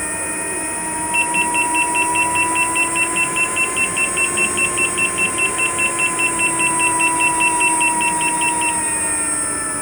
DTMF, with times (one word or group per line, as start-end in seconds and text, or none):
none